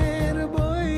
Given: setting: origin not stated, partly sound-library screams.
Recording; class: one-second piece from a danger detection set; normal situation